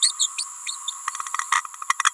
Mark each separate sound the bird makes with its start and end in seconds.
0.02-0.12, 0.19-0.28, 0.38-0.44